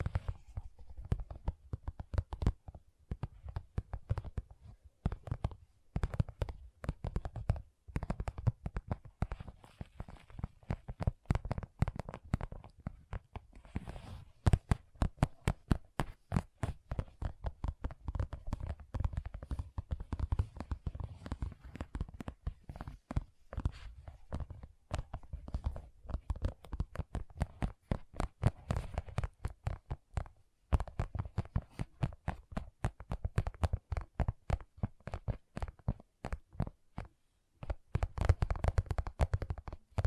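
Gentle tapping runs through all forty seconds as dense, fast, irregular clusters of soft taps with brief pauses between runs. The taps are mostly low and dull, with occasional brighter clicks, and a slightly sharper flurry near the end.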